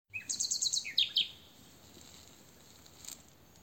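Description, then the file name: Common nightingale song: a short phrase of quick high notes and descending slurs lasting about a second, then near silence. "Luscinia megarhynchos"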